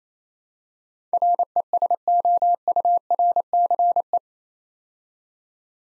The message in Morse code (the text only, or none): RESOURCE